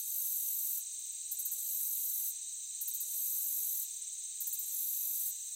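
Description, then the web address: Crickets in a steady high-pitched buzz, with repeated louder pulsing bursts over a constant hiss. Meadow ambience with crickets. "Blastwave AMBIENCE Meadow Crickets"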